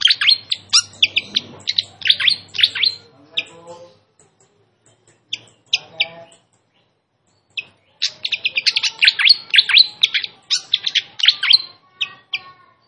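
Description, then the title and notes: Malaysian pied fantail song of quick, high twittering notes in busy runs, broken by sparse single chirps and a short silence before a renewed rapid phrase. Song recording made for training caged birds, featuring a clear voice, with the sound of trickling water; also called Sikatan Londo. "Masteran Sikatan Kipas Suara Jernih Dan Suara Gemericik Air. Suara Burung Sikatan Londo"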